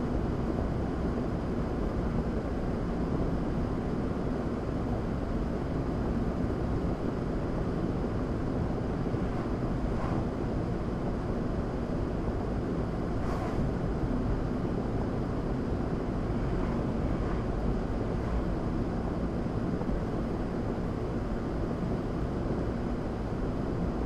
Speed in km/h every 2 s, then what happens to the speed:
82, 79, 79, 76, 76, 72, 74, 72, 74, 74, 74, 72.
0-9 slows to 72. 9-24 steady at about 74.